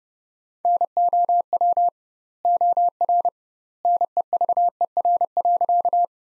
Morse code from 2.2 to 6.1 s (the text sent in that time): OR NEVER.